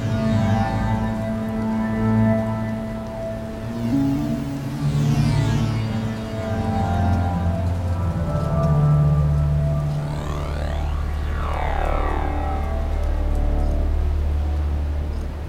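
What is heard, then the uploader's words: Spaced-out synth drones with steady low tones and shifting, shimmering sweeps that rise and fall, swelling around four and ten seconds. Spaced out Synth combined with some ambient atmospheric soundz.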